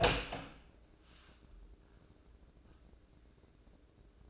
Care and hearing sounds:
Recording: daily activity, microphone in the room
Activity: open door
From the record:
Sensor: 2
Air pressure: 1012.2 hPa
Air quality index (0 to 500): 160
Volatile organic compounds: 2 ppm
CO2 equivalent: 1169 ppm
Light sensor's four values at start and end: 361/902/365/380 and 358/896/363/377

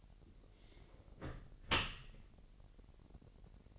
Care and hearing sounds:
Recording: daily activity, microphone in the room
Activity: close dishwasher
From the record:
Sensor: 4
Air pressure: 1001.5 hPa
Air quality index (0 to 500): 247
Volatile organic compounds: 41 ppm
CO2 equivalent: 3158 ppm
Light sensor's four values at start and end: 8/17/6/6 and 8/17/7/6

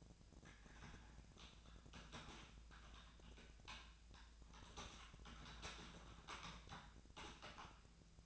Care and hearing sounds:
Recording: daily activity, microphone in the room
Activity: typing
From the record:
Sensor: 2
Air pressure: 1000.0 hPa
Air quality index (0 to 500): 129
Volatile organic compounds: 2 ppm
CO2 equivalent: 1105 ppm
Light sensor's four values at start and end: 25/61/26/29 and 24/60/26/29

